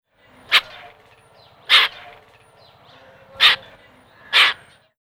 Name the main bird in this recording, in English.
Grey-winged Trumpeter